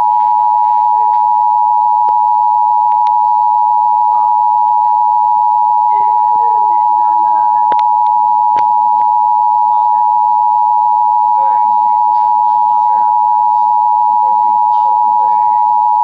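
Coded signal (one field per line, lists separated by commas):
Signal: Emergency Alert System (SAME) tones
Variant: 853 and 960 Hz attention tone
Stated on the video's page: Required monthly test received via a Comcast cable provider.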